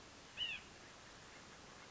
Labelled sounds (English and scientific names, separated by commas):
White-breasted Nuthatch (Sitta carolinensis)